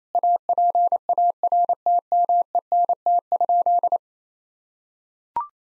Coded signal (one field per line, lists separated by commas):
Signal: Morse code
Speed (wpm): 27 wpm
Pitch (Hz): 700 Hz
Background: none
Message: APARTMENT?